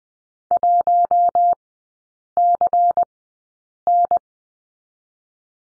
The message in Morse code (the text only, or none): 1CN